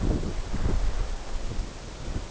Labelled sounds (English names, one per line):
none